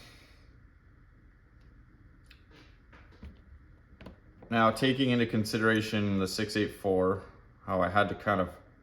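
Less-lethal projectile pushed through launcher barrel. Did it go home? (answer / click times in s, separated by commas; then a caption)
no / none. A 68-caliber less-lethal round is pushed by hand through the bore of a Valken M17 less-lethal launcher barrel, compared against a Grimburg HP68, to test its fit; the round passes through but is tight. Faint small snaps and clicks sound at about 2.3, 2.9, 3.3 and 4.0 seconds over a quiet background, then someone talks from about 4.5 seconds to the end. The round has not seated yet when the clip ends.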